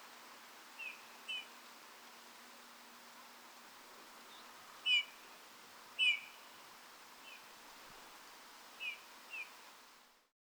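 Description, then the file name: Eurasian bullfinch calls: soft piping whistles given irregularly, several notes of varying strength, over steady background hiss. "Pyrrhula pyrrhula"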